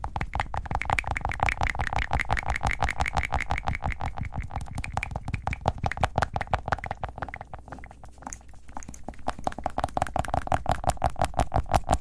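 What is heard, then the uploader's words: Fast mouth sounds: rapid, regular wet clicks and pops, roughly five or six per second, running almost the whole time. Around the eight-second mark the clicking thins and softens briefly, then returns at full density toward the end. ASMR Fast Mouth Sounds.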